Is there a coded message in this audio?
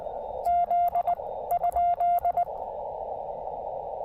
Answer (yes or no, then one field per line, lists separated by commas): yes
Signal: Morse code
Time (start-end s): 0.5-2.4 s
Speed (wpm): 19 wpm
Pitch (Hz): 700 Hz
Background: radio noise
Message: Z?